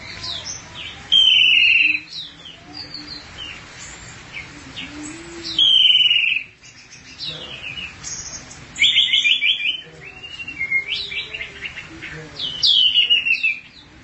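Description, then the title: Thrush song: loud slurred whistles and quick buzzy trills come in separate bursts every few seconds, with softer chatter between them. "burung anis x"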